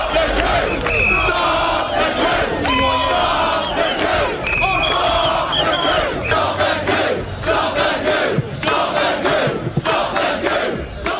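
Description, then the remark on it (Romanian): A large crowd of British protesters shouts and chants "stop the coup" together in the street in the evening, against the suspension of Parliament requested by Prime Minister Boris Johnson; a dense, continuous roar of many voices with rhythmic bursts of yelling rising above the din throughout. “Oamenii au ieșit în stradă și au strigat: opriți lovitura de strat!”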